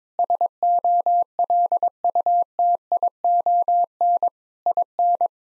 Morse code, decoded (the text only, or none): SOLUTION IN